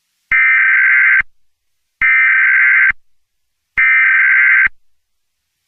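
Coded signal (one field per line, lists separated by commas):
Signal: Emergency Alert System (SAME) tones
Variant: header bursts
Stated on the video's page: Fictional historical EAS scenario recreation.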